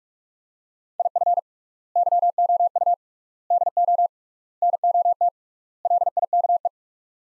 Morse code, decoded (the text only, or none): IF YOU DO NOT LIKE